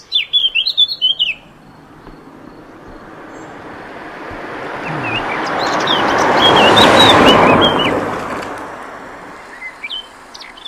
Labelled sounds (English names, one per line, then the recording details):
Eurasian Blackcap song
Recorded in the wild
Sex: male
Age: adult
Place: Tiuccia, Corsica, FR
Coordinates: 42.0703, 8.73083
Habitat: macchia
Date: 2011-07-23
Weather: sunny, 15°C, weak winds
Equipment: Fostex FR2-LE, Sennheiser ME66, Popschutz
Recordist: Frommolt, Karl-Heinz
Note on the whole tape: Campingplatz U Sommalu: Gesang einer Mönchsgrasmücke. Im zweiten Teil der Aufnahme ein weiteres Tier